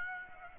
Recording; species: mosquito wingbeat signal from an infrared sensor; Aedes aegypti